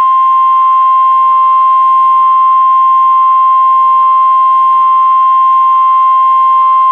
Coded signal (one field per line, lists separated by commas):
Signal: Emergency Alert System (SAME) tones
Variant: 1050 Hz attention tone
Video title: REAL EAS 894-Severe thunderstorm warning